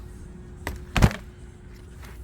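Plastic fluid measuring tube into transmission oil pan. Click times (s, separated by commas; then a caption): 1.0 s. A plastic transmission fluid measuring (overflow) tube is pushed down into the oil pan of a Mercedes W164 ML350 4MATIC 7G-TRONIC automatic transmission. A light tap at 0.7 s comes before a sharp, loud click at 1.0 s, then a few fainter rattles. The tube clicks into place and is seated.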